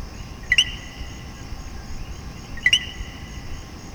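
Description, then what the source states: Common coquí making two clear co-kee calls about two seconds apart, the second note higher and rising, with a low steady hum and little else. Puerto Rico.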